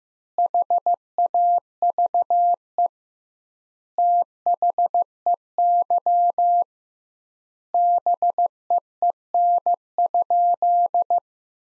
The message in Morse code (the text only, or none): HAVE THEY BEEN?